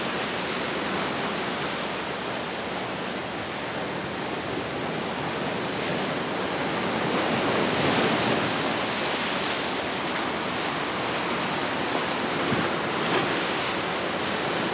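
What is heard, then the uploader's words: Ocean waves wash steadily onto a beach, a dense, continuous hiss of surf with no quiet gaps. A broader wave swells louder around the eight- to ten-second mark, then settles back. The roar is full, rich in bright spray over a softer low rumble. Ocean waves at Pyramid beach, Santa Cruz, CA. The calming sounds of the Pacific Ocean. W Cliff Dr, Pyramid beach, Santa Cruz, California.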